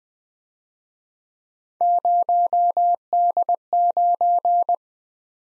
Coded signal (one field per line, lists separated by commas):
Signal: Morse code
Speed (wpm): 20 wpm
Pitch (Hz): 700 Hz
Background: none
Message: 0D9